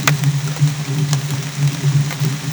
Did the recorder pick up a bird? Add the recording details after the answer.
no. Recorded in dense forest near Puerto Asís, Putumayo, Colombia, on 21 December 2024 at 10:30. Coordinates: 0.484, -76.317. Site G026